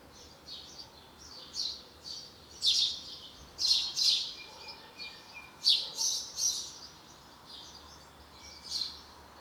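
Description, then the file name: House sparrow chirps, irregular and uneven, some louder doubled notes mid-way, with quieter chirps between them. "Passer domesticus"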